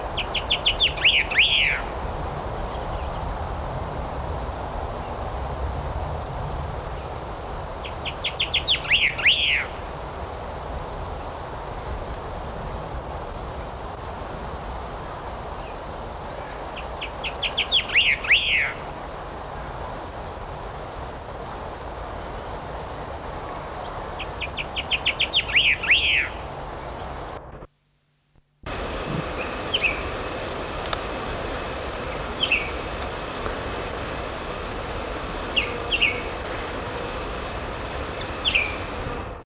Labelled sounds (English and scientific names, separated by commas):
Tenerife Blue Chaffinch (Fringilla teydea)